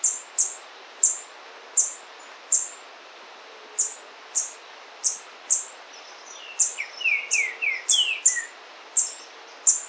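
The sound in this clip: White-browed foliage-gleaner calling: sharp, very high ticking notes repeated about every half second to second, with a brief run of lower, descending slurred notes near the end.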